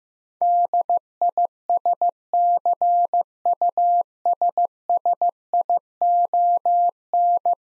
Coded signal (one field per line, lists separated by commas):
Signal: Morse code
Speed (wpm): 16 wpm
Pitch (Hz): 700 Hz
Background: none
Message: DISCUSSION